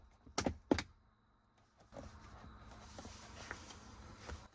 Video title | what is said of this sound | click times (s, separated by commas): Tesla Model 3 - Faster Rear USB Replacement | once the positioning looks good then press the overall surface until it snaps into place and | 0.4 s, 0.7 s